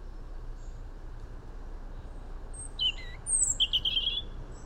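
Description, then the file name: European robin song: a brief cluster of high, thin, sliding notes and a short warble late, rising above a constant broad hiss and rumble. "Erithacus rubecula"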